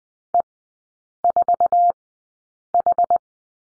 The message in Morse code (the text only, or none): E4H